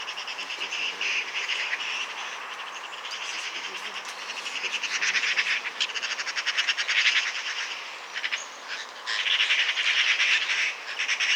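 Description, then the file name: Eurasian magpie chattering, long harsh rattles of rapid pulses, pausing briefly near the eighth second, then resuming loudly. "Pica pica"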